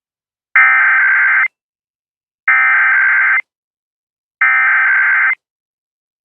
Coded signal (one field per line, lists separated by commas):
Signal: Emergency Alert System (SAME) tones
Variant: header bursts